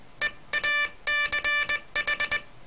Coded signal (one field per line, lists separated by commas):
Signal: Morse code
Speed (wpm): 20 wpm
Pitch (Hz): 1750 Hz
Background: none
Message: EACH